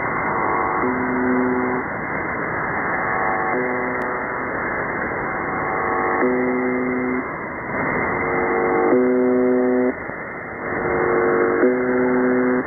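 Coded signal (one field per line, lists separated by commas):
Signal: channel marker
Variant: buzzer type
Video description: could that be the reason that they are now are transmitting on 4810 ? : location is apparently near Changdu in China. it looks stronger also as the old MDZhB (Russian: МДЖБ)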